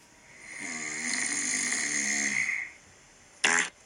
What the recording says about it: This is me snoring caught in the moment here. Maybe your sinus is congested. How long has this been going on for? Like a month. Do you sleep on your back? I do.